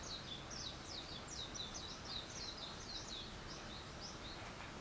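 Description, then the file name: Bird making fast, high, slurred chirps in a continuous chattering string that thins toward the end, over faint hiss. Wild birds; 21 April 2023. "wild-bird 230421"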